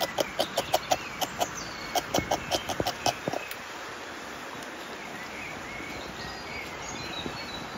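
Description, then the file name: Beaver gnawing: a quick run of sharp, rasping scrapes for about three seconds, then steady low hiss with a few faint scrapes. "BRUITcastor ronge"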